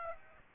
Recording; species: mosquito wingbeat signal from an infrared sensor; Aedes aegypti